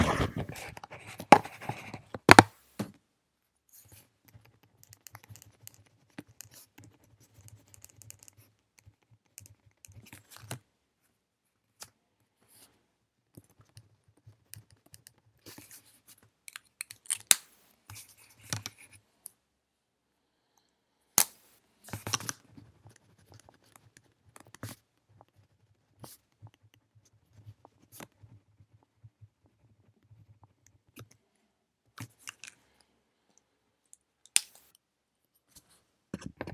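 Studying with a pencil: scattered short scratches and taps of the pencil on paper, irregular with frequent quiet pauses. Sharp clicks stand out near 2, 21 and 22 seconds, and a faint low hum comes and goes beneath the writing.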